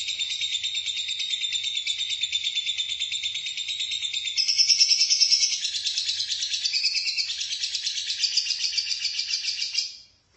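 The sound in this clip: Lovebird twittering song, continuous shrill buzzing chatter with fast rhythmic pulses, swelling louder midway and shifting pitch before ending suddenly.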